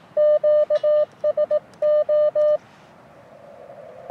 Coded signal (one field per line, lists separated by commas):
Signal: Morse code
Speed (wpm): 20 wpm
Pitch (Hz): 600 Hz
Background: none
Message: QSO